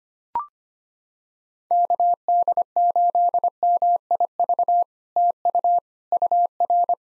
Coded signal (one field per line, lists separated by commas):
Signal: Morse code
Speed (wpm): 25 wpm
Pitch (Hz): 700 Hz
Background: none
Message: KD8MIV TU UR